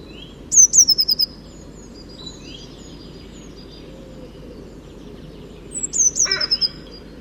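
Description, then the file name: Eurasian blue tit giving two high, thin descending call phrases, each a quick string of falling notes, separated by a pause of several seconds over low steady background noise. "Cyanistes caeruleus"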